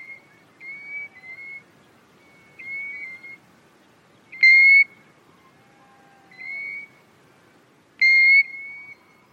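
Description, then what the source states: European golden plover whistled alarm notes, several single plaintive calls, some loud and some faint. Single alarm note, well known to hill walkers; English upland heather moors.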